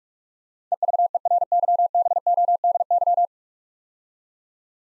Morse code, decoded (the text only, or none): EVERYBODY